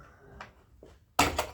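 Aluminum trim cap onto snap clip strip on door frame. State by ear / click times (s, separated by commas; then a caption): seated / 1.2 s. A 3-inch aluminum snap trim cap is pressed onto the snap clip strips between knockdown door frames. After a couple of faint taps, a sharp, loud snap rings out at 1.2 s, followed by a brief rattle. The trim cap clips on and is seated.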